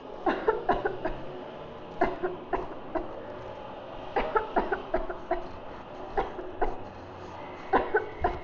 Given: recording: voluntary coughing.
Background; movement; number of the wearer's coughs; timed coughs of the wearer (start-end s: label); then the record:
traffic; sitting; 14
0.23-0.64 s: cough
0.66-1.02 s: cough
1.02-1.35 s: cough
1.98-2.39 s: cough
2.50-2.73 s: cough
2.92-3.15 s: cough
4.13-4.44 s: cough
4.53-4.82 s: cough
4.91-5.18 s: cough
5.28-5.51 s: cough
6.15-6.49 s: cough
6.59-6.87 s: cough
7.70-8.08 s: cough
8.21-8.41 s: cough
From the record:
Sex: female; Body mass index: 18.8 kg/m2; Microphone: on the chest, facing outward